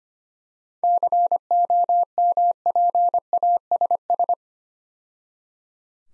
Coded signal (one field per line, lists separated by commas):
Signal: Morse code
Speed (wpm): 27 wpm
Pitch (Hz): 700 Hz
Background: none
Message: COMPASS